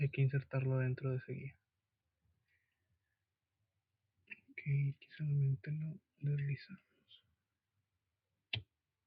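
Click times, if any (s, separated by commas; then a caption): 8.5 s. On a 2016–2023 Suzuki Vitara, the interior LED light housing is slid into its plastic trim guide while someone talks. It snaps in with a sharp click at 8.5 s, and the light assembly is seated in the guide.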